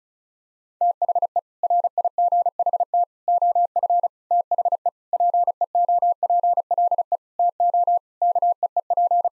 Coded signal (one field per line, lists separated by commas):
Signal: Morse code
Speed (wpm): 34 wpm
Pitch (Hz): 700 Hz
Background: none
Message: THE RIGHT OF THE PEOPLE TO KEEP